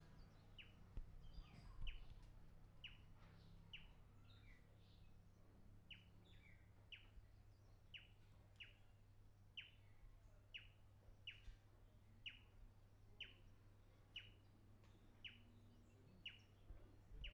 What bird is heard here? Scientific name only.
Calamonastes simplex